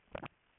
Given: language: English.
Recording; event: throat vibration sensor signal played as sound; swallow